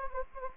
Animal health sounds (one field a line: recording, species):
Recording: mosquito wingbeat signal from an infrared sensor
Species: Anopheles gambiae